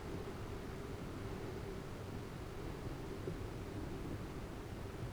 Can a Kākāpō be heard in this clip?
no